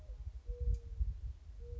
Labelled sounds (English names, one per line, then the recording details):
Mourning Dove
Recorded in Sonoma County, California